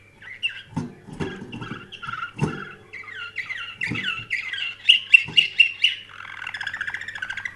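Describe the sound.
Canary song with scattered chirps and low thuds, building into a quick run of sharp repeated notes, then a rolling trill, over a faint hum.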